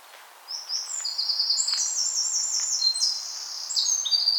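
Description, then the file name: Eurasian wren pouring out a high, hurried song of piercing notes and fast trills that runs for about four seconds. "Troglodytes troglodytes"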